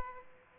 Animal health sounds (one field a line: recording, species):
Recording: mosquito wingbeat signal from an infrared sensor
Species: Aedes aegypti